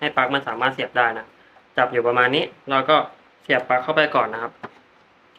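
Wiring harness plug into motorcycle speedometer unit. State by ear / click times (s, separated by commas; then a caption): not seated / none. The wiring harness plug is held and pushed toward the back of the speedometer unit of a Yamaha Tricity 155 (2016-2018) motorcycle, with the rubber waterproof boot folded back to make room. Someone talks through most of the clip, with light handling noise near the end. The plug has not clicked or seated yet.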